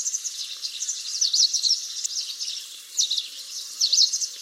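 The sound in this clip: House Sparrow calls, quick bright chirps given in bursts, with short pauses between the louder clusters.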